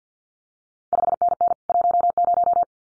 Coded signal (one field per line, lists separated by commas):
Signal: Morse code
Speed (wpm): 50 wpm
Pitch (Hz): 700 Hz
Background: none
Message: 5NN 10